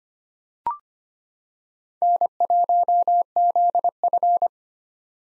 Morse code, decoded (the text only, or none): N1ZF